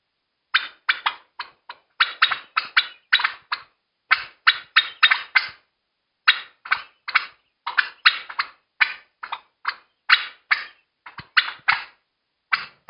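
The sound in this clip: Turkey panic calling almost continuously, short harsh notes tumbling in fast irregular series with only brief gaps.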